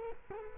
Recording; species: mosquito wingbeat signal from an infrared sensor; Culex quinquefasciatus